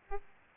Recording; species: mosquito wingbeat signal from an infrared sensor; Aedes albopictus